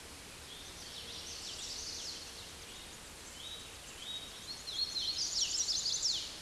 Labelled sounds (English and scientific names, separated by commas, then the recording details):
Common Yellowthroat (Geothlypis trichas) song
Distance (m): 55 m
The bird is about 10 m below the microphone
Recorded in a Pennsylvania forest on 16 May 2024 at 06:22
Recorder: AudioMoth, point MSD-2181
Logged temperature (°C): 12.8 °C
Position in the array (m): 200 m, 81 m